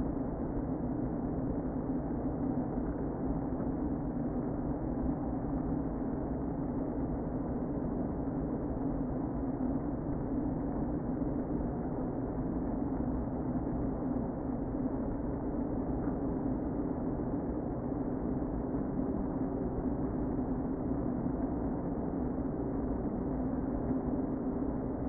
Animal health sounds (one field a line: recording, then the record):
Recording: honeybee colony, microphone inside the hive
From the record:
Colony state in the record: queen present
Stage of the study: before two queens were removed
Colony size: about 60,000 bees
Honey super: yes